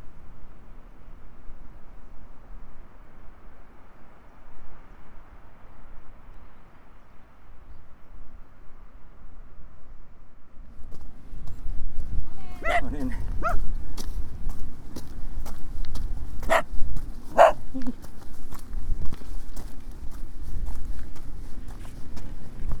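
A walk along the South West Coast Path, starting with a steady low rumble of wind. From about the eleven-second mark the rumble grows louder and sharp, irregular knocks and taps of footsteps on stone break through, clustering around thirteen and seventeen seconds.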